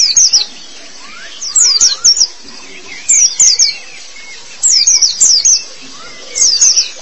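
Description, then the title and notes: White-eye song: short bursts of very high, rapid twittering notes separated by quiet gaps, with a few faint lower slurred whistles. Pleci song. "Kicauan Burung Pleci Durasi Panjang. Suara kicauan burung pleci"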